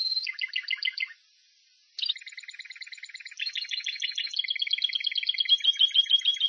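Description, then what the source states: Timbrado canary song: rapid rolling trills, a pause of about a second, then long metallic rattling rolls. Timbrado breed.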